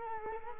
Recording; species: mosquito wingbeat signal from an infrared sensor; Culex quinquefasciatus